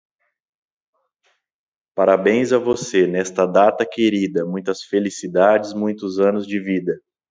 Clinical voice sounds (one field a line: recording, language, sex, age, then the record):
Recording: short text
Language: Brazilian Portuguese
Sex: male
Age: 30 to 39 years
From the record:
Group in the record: control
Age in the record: 37 years